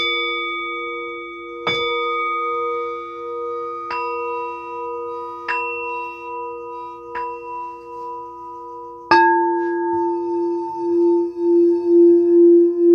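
A sound bowl rings with a steady, pulsing hum, struck with sharp metallic taps at about 1.7, 4, 5.5, 7 and 9 seconds. Each strike adds bright ringing tones over the low sustained drone. After the last, louder strike, the tone swells and wavers to the end.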